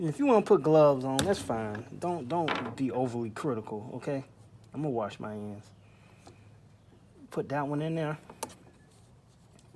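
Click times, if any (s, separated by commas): 8.4 s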